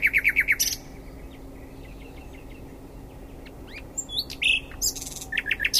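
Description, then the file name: Common nightingale song: rapid repeated notes, soft whistled fragments during a quieter middle, then loud trills and chirps; steady low hum. "Luscinia megarhynchos"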